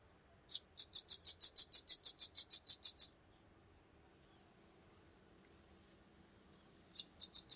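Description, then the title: Velvet-fronted nuthatch song: a long, steady trill of high, sharp chipping notes lasting about two and a half seconds, then silence before a new burst begins. "Suara burung rambatan"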